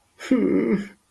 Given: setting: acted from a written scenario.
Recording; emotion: vocal sound without words; sadness